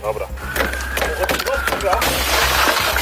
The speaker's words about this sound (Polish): Stłukli szybę. Świadomi tego, że wewnątrz samochodu panuje wysoka temperatura, podjęli taką decyzję.